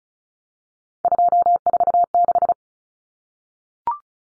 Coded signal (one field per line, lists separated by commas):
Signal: Morse code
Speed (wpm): 34 wpm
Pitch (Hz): 700 Hz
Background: none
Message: 246